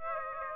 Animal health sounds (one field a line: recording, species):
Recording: mosquito wingbeat signal from an infrared sensor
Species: Aedes aegypti